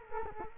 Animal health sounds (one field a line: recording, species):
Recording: mosquito wingbeat signal from an infrared sensor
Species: Culex quinquefasciatus